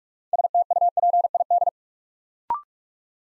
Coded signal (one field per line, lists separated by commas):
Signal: Morse code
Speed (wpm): 44 wpm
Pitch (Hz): 700 Hz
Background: none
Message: STUPID